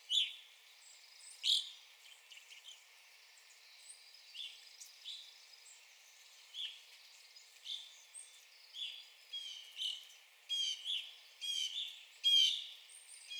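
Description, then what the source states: Evening grosbeak calls: a busy run of short, ringing chirps that grow thicker and louder toward the end. Recorded 9 April 2021.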